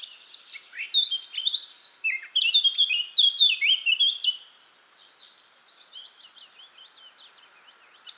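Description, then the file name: Eurasian blackcap song: fast, varied warbling of high chirpy notes for about four seconds, then a quieter, softer warble continues. "Sylvia atricapilla"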